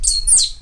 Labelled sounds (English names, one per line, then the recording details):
Stitchbird song
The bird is a male
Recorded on Tiritiri Matangi Island, New Zealand, in 2005
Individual 7, of nest box 9